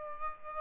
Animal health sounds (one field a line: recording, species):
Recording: mosquito wingbeat signal from an infrared sensor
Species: Aedes albopictus